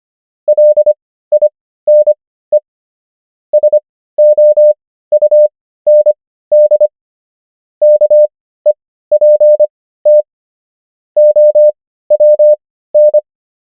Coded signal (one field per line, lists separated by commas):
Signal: Morse code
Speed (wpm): 25 wpm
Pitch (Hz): 600 Hz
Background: none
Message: LINE SOUND KEPT OWN